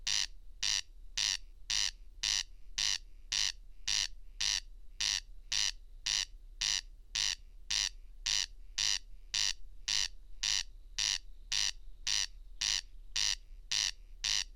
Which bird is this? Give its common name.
Corn Crake